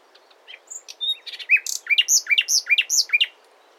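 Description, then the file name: Common nightingale song phrase: a few soft introductory notes, then a series of loud, rich, repeated swooping whistles, about six in quick succession. "Luscinia megarhynchos"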